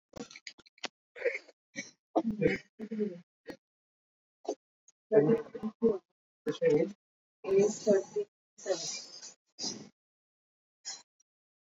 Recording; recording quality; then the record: shallow breathing; poor, much background noise or distortion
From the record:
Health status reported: exposed to COVID-19, no respiratory illness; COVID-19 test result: negative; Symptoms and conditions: cough, asthma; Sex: female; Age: 33 years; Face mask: not worn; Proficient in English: yes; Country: India